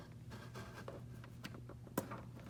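A plastic push-type trim rivet is placed into its hole in the trunk floor trim panel of a 2018+ Honda Goldwing Tour motorcycle, lined up, and its head pressed down. After a few faint handling taps and rubs, a sharp, short click at 2.0 s marks the rivet locking into place, seated.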